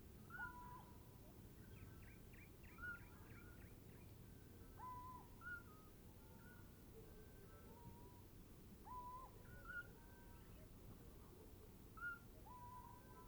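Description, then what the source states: Eurasian Scops Owl hooting: soft whistled hoots at two different pitches, an early burst of quick higher notes, over steady low rumbling background noise. Hooting of a female, then a male, followed by soliciting calls of the female.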